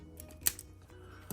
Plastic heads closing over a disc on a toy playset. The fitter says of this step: The heads come down over the disc, locking it in place.